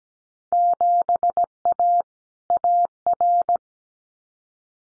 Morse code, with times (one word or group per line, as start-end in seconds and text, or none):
0.5-2.0 7A
2.5-3.6 AR